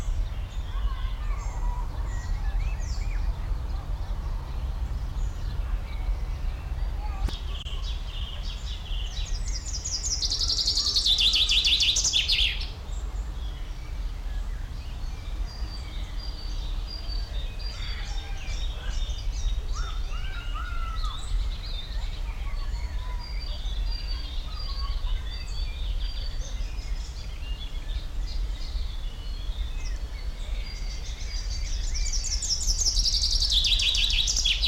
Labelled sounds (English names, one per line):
Common Chaffinch